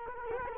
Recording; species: mosquito wingbeat signal from an infrared sensor; Culex quinquefasciatus